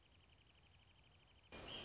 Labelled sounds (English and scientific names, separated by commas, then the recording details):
Wrentit (Chamaea fasciata)
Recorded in Sonoma County, California